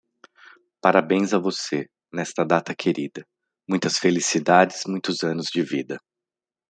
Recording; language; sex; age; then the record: short text; Brazilian Portuguese; male; 40 to 49 years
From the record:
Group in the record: control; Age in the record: 42 years